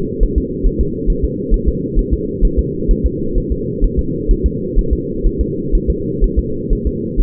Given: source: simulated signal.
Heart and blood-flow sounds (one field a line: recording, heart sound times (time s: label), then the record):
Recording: fetal heart sounds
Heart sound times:
0.23 s: S1
0.38 s: S2
0.66 s: S1
0.81 s: S2
1.10 s: S1
1.24 s: S2
1.54 s: S1
1.69 s: S2
1.99 s: S1
2.13 s: S2
2.45 s: S1
2.59 s: S2
2.91 s: S1
3.06 s: S2
3.38 s: S1
3.52 s: S2
3.84 s: S1
3.99 s: S2
4.31 s: S1
4.46 s: S2
4.79 s: S1
4.93 s: S2
5.27 s: S1
5.41 s: S2
5.75 s: S1
5.90 s: S2
6.24 s: S1
6.39 s: S2
6.73 s: S1
6.87 s: S2
7.20 s: S1
From the record:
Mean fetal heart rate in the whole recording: 130 bpm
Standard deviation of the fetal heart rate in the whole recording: 4 bpm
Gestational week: 38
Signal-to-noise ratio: -6.6 dB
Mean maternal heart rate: 72 bpm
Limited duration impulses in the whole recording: present